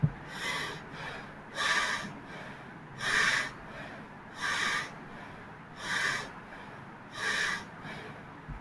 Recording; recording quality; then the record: shallow breathing; moderate, slight background noise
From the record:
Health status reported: healthy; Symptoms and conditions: none ticked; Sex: male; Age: 25 years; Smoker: not ticked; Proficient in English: yes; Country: India